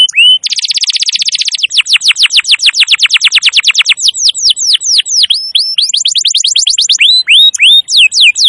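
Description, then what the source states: Canary delivering a dense buzzy trill that flows into long series of rapid downswept notes, then looser, irregular chirps and sweeps. Used as a lure recording for birds.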